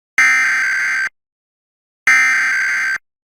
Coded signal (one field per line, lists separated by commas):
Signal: Emergency Alert System (SAME) tones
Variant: header bursts